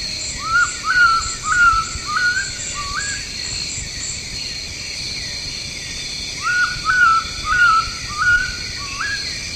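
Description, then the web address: Oriental bay owl call: a series of rising, whistled notes, then a pause and a second series, over a steady buzz of insects. Recorded in tropical Asia. "Birdsongs Site Tropical Asia"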